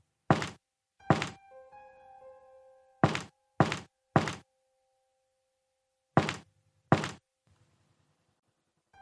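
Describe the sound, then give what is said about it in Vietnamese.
Heavy knocks on a door at midnight land in loose groups: two, then three evenly spaced, then two more, with a faint lingering ring after the early blows and silence between. “Tôi nghe rõ ràng là 3 tiếng gõ cửa.”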